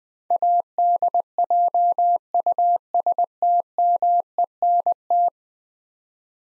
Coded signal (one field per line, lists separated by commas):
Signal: Morse code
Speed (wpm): 20 wpm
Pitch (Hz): 700 Hz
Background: none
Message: ADJUSTMENT